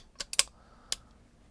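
A gunsmith closes the cylinder and crane of a Smith & Wesson 1917 revolver into its steel frame, and the center pin drops into its hole. A cluster of sharp metallic clicks comes near 0.2 to 0.4 seconds, followed by a single crisp tick at about 0.9 seconds. The cylinder latches home and locks into place at 0.3 seconds.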